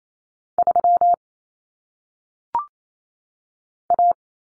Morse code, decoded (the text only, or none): 3 A